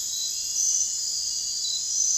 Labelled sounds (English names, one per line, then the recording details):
none
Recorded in secondary vegetation near Puerto Asís, Putumayo, Colombia, on 28 February 2025 at 03:00
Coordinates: 0.484, -76.319
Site G010